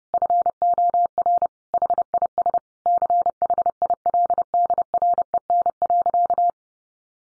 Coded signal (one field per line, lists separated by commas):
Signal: Morse code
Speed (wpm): 30 wpm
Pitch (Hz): 700 Hz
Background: none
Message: FOR HIS CHILDREN.